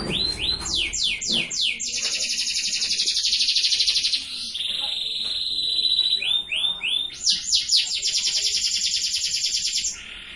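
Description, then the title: Canary singing a series of downward swoops, then long steady buzzing trills, more swoops and another extended trill. Cengkok song style, the style sought by contest judges. "Cengkok kenari mewah yang di cari juri"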